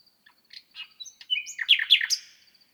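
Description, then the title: Common nightingale song, starting with soft scattered notes that build into a loud burst of quick varied chirps and slurs. Recorded 6 May 2018, from night into dawn, at 1000 m altitude on the plateau of Lesches-en-Diois, Drôme, France; microphones set at the foot of a bush. "naturophonie. Rossignol 2018"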